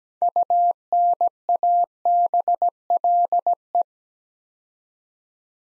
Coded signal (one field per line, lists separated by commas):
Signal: Morse code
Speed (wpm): 17 wpm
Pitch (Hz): 700 Hz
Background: none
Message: UNABLE